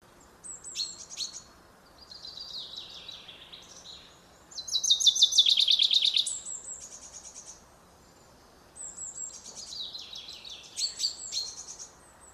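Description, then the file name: Common chaffinch giving high, rapid trilled phrases, with the loudest run in the middle; softer phrases come before and after it, over faint background hiss. "Fringilla coelebs"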